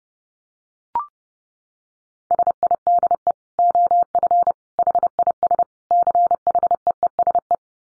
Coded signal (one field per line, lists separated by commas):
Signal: Morse code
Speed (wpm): 30 wpm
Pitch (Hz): 700 Hz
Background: none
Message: SIDE OF HIS CHEESE